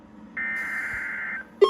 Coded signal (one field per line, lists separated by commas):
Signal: Emergency Alert System (SAME) tones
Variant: header bursts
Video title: 109 Watches Later.. | EAS Alerts from 5/26/21(EAS #182-198+200!!!)